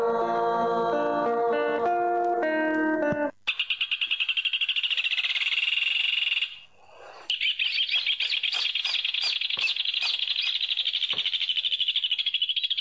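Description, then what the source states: Rufous hornero song, a fast, loud chattering trill of high notes running for several seconds with a short break, following a few seconds of melodic music. Played on a radio programme.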